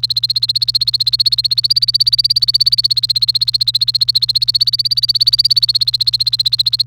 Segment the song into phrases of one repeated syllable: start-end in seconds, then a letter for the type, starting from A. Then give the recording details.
0.00-6.82 A. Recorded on 28 April 2018 at 15:16. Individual llb3